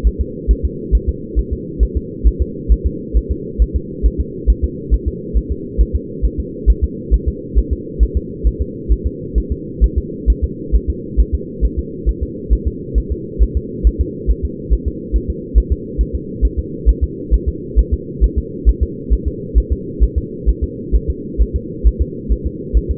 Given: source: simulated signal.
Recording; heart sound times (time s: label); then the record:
fetal heart sounds
0.07 s: S1
0.21 s: S2
0.51 s: S1
0.65 s: S2
0.95 s: S1
1.09 s: S2
1.39 s: S1
1.53 s: S2
1.83 s: S1
1.97 s: S2
2.27 s: S1
2.42 s: S2
2.72 s: S1
2.87 s: S2
3.17 s: S1
3.31 s: S2
3.62 s: S1
3.76 s: S2
4.06 s: S1
4.21 s: S2
4.50 s: S1
4.64 s: S2
4.94 s: S1
5.08 s: S2
5.37 s: S1
5.52 s: S2
5.81 s: S1
5.96 s: S2
6.25 s: S1
6.40 s: S2
6.70 s: S1
6.84 s: S2
7.14 s: S1
7.28 s: S2
7.58 s: S1
7.73 s: S2
8.03 s: S1
8.17 s: S2
8.47 s: S1
8.62 s: S2
8.92 s: S1
9.07 s: S2
9.38 s: S1
9.52 s: S2
9.84 s: S1
9.98 s: S2
10.30 s: S1
10.44 s: S2
10.76 s: S1
10.90 s: S2
11.20 s: S1
11.35 s: S2
11.65 s: S1
11.79 s: S2
12.09 s: S1
12.23 s: S2
12.53 s: S1
12.68 s: S2
12.98 s: S1
13.12 s: S2
13.43 s: S1
13.57 s: S2
13.87 s: S1
14.01 s: S2
14.31 s: S1
14.45 s: S2
14.73 s: S1
14.88 s: S2
15.16 s: S1
15.30 s: S2
15.58 s: S1
15.72 s: S2
16.01 s: S1
16.15 s: S2
16.45 s: S1
16.59 s: S2
16.89 s: S1
17.04 s: S2
17.34 s: S1
17.48 s: S2
17.79 s: S1
17.94 s: S2
18.24 s: S1
18.38 s: S2
18.69 s: S1
18.83 s: S2
19.13 s: S1
19.28 s: S2
19.58 s: S1
19.72 s: S2
20.04 s: S1
20.18 s: S2
20.49 s: S1
20.64 s: S2
20.96 s: S1
21.10 s: S2
21.42 s: S1
21.56 s: S2
21.87 s: S1
22.02 s: S2
22.32 s: S1
22.47 s: S2
22.77 s: S1
22.91 s: S2
From the record:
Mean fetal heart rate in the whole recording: 135 bpm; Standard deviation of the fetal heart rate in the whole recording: 3 bpm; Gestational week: 34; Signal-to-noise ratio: -4.1 dB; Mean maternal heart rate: no maternal heart sound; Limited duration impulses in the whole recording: absent